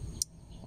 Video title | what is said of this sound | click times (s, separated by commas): DIY IGNITION COIL SOCKET REPLACEMENT FOR TOYOTA VIOS - PAANO MAGPALIT NG SIRANG IGNITION COIL SOCKET | Pag lumagitik, okay na. Pakinggan, | 0.2 s